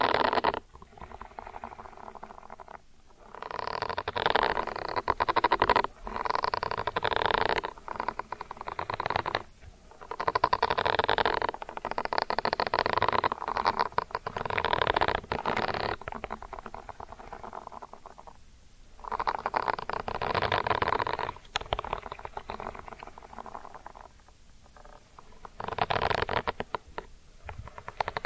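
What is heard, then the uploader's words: Ear cleaning triggers: muffled rubbing and scratching sounds come in dense bursts of a few seconds each, separated by brief near-silent gaps. The textures are soft and crackly, with a low rumble under them, and they continue irregularly for the whole stretch. Ear Cleaning Triggers.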